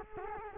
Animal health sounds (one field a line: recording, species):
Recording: mosquito wingbeat signal from an infrared sensor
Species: Culex quinquefasciatus